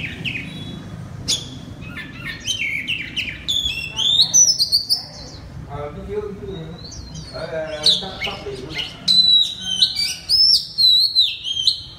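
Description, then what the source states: Oriental magpie-robin singing varied whistled phrases and high trills, with some lower, harsher notes in the middle and a run of fast loud whistles at the end. Kacer, the Indonesian name, singing loudly in the style called ngeplong.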